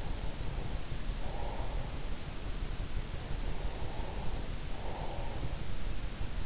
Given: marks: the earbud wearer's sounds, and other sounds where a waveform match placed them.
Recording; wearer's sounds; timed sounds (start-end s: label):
sounds in sleep by an in-ear microphone; breath
0.18-2.06 s: breath
3.57-5.77 s: breath